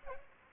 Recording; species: mosquito wingbeat signal from an infrared sensor; Aedes aegypti